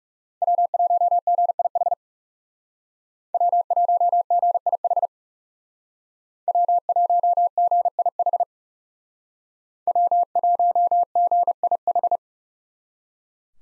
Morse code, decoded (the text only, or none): W1GIH W1GIH W1GIH W1GIH